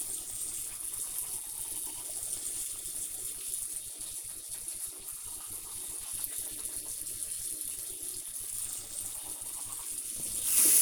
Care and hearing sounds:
household activities, microphone on the right wrist
0.00-10.82 s: brushing teeth

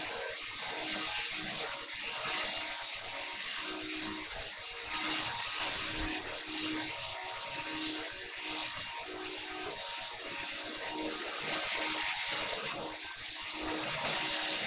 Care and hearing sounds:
household activities, microphone on the right wrist
0.00-14.67 s: vacuum cleaning

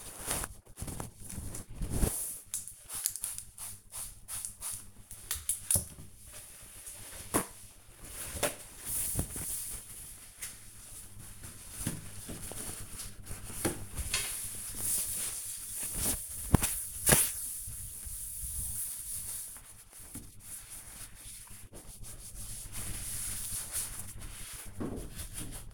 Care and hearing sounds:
household activities, microphone on the right wrist
0.00-25.74 s: cleaning door

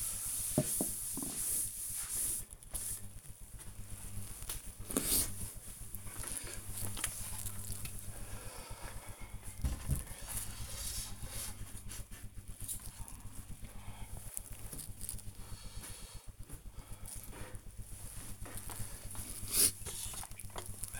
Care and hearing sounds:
household activities, microphone on the right wrist
0.00-21.00 s: cleaning the cupboard

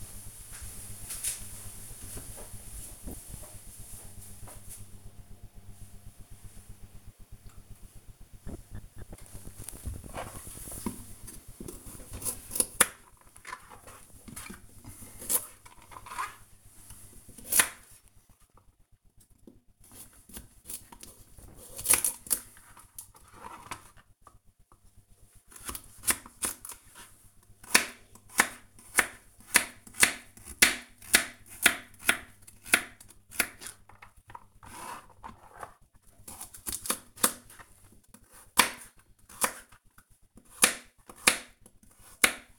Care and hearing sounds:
household activities, microphone on the right wrist
8.56-42.59 s: cutting vegetables

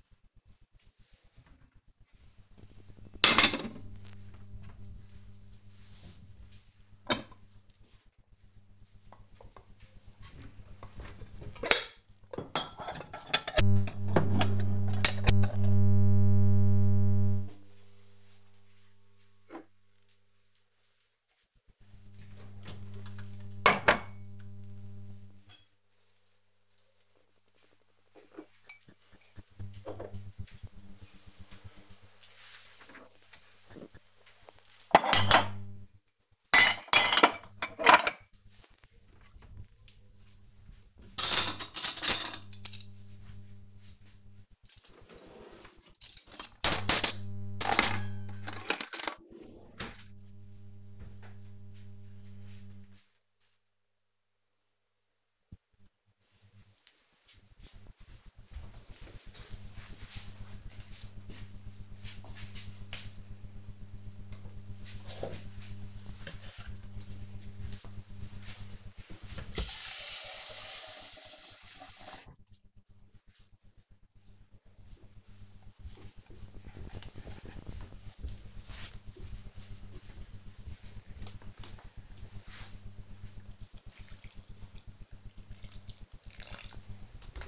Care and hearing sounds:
household activities, microphone on the right wrist
0.00-49.85 s: putting away the dishes
63.95-87.47 s: watering plant

